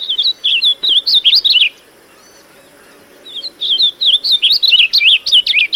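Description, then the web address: Yellowthroat song: rapid rolling phrases of bright, looping notes repeated in a fast chant, two bursts separated by a pause. "bird yellow throat"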